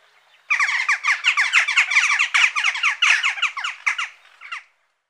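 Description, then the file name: Western jackdaw chatter: harsh, clipped 'chak' calls in a dense stream for about four seconds before stopping. "Choucas"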